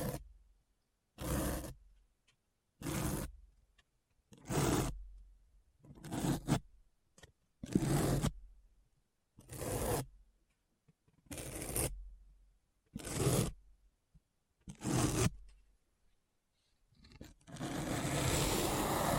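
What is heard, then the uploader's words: Deep scratching strokes, about ten rough bursts at a steady pace with short silences between, ending in a continuous hissy scrape. ASMR Deep Brain Scratch (No Talking).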